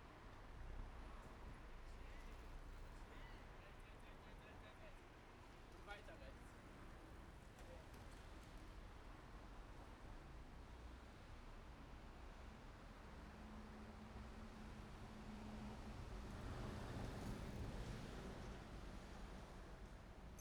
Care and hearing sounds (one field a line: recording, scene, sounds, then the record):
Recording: everyday scene through a hearing-aid microphone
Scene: in traffic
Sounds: traffic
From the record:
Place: main road on the outskirts, rush hour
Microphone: behind the ear, right, rear